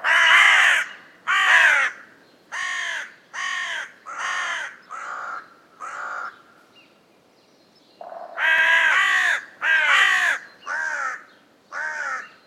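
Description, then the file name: Carrion crow cawing repeatedly, a series of harsh, rasping caws roughly once a second, a short silent gap, then another loud run of caws. "Corvus corone"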